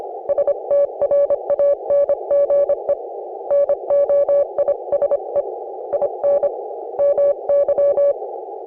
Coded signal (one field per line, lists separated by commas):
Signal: Morse code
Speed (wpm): 26 wpm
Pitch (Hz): 560 Hz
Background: none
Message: STRANGE NOISE IN MY